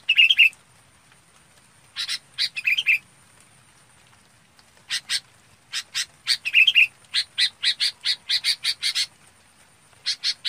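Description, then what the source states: Red-whiskered bulbul calling: sharp, buzzy chips in irregular bursts, with short warbled whistles near the start and middle. Calling to its flock.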